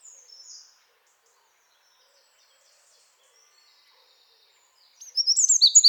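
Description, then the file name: Eurasian wren song: after long near-silence, a loud, rapid, high-pitched trilling burst starts near the end, with a faint high twitter at the very beginning. "Troglodytes troglodytes"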